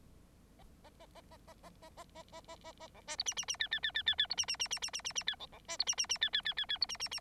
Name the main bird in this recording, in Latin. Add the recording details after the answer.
Lonchura striata domestica. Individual Bird9